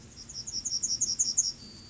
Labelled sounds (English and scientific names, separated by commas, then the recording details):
Yellowhammer (Emberiza citrinella) song
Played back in grassland
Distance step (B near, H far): D
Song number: 022